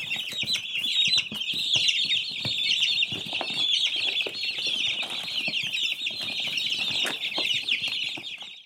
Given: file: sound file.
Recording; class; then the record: poultry; eating drinks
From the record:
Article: Edge intelligence for poultry welfare: Utilizing tiny machine learning neural network processors for vocalization analysis